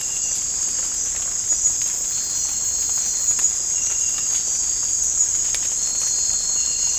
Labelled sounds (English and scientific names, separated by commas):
none